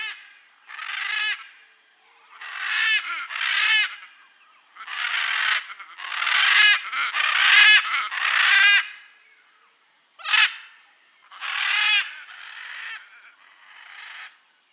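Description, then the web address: Blue-and-yellow macaw giving loud, rasping, nasal squawks, some drawn out, in repeated bursts with brief gaps between. Bolivia and Peru, Amazon region. "Birds of the Amazon. Blue-and-yellow Macaw (Ara ararauna), Bolivia, Peru"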